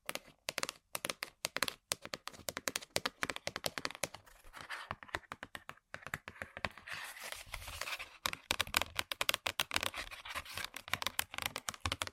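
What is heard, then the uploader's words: Dry tapping and scratching on hard objects, a rapid irregular patter of sharp clicks like fingers on a keyboard. The taps come in quick bursts with brief gaps, and from about the sixth second a rougher, denser scratching fills in between them. ASMR Tapping & Scratching On Random Objects (No Talking).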